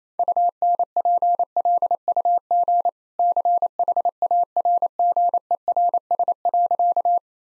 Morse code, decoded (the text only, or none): UNPLUG CHARGERS.